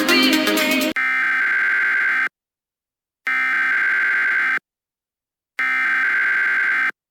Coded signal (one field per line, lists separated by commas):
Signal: Emergency Alert System (SAME) tones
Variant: header bursts